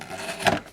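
A plastic bag holder on a Hoover Purepower U3470 1700W upright vacuum cleaner is fitted into the dust bag compartment, with a brief scrape first. A sharp click follows at 0.5 s as the part clicks into place, seating it so the bag is sealed.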